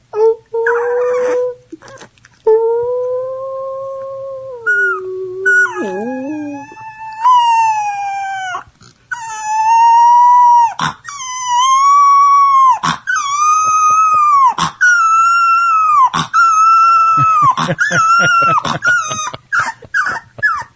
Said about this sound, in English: Anyway, here's sound of a three-week-old boxer puppy learning to howl.